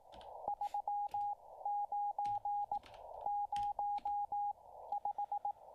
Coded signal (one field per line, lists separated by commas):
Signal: Morse code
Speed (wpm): 18 wpm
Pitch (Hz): 820 Hz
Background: radio noise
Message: 3 9 0 5